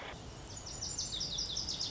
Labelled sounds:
Lazuli Bunting
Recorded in Sonoma County, California

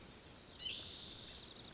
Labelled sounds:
Spotted Towhee
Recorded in Sonoma County, California

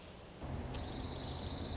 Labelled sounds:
Dark-eyed Junco
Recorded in Sonoma County, California

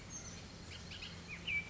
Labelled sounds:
Bullock's Oriole
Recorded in Sonoma County, California

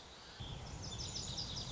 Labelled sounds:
Lazuli Bunting
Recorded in Sonoma County, California

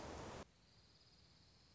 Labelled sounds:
Dark-eyed Junco
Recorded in Sonoma County, California

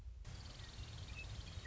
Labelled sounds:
Western Meadowlark
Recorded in Sonoma County, California

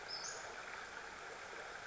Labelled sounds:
Western Flycatcher
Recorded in Sonoma County, California

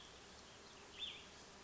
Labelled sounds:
Cassin's Vireo
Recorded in Sonoma County, California

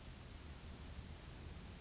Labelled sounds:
Western Flycatcher
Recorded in Sonoma County, California

